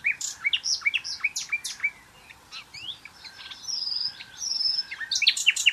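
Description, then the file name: Common nightingale song, a fast string of loud upslurred chips and whistles, a softer interlude with long drawn whistles, then more rapid sharp notes. "Luscinia megarhynchos"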